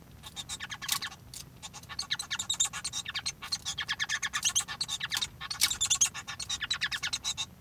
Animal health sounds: song of a male Bengalese finch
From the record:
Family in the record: son of father 1

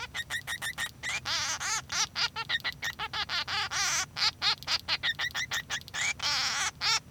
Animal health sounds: song of a male Bengalese finch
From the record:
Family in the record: son of father 3

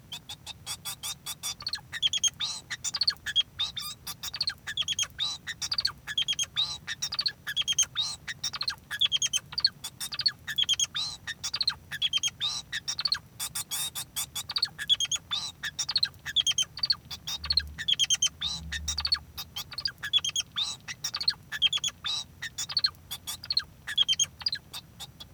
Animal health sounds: song of a male Bengalese finch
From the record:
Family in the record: son of father 2

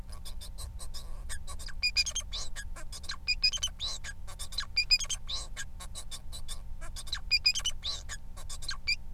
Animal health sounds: song of a male Bengalese finch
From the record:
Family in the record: son of father 4

